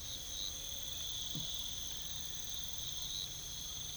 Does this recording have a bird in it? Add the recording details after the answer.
no. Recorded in pastures near Puerto Asís, Putumayo, Colombia, on 21 December 2024 at 05:00. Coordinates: 0.486, -76.323. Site GP01